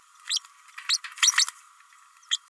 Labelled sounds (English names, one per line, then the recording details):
Green-rumped Parrotlet babbling
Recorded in a nest box in Venezuela
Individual 18B104A3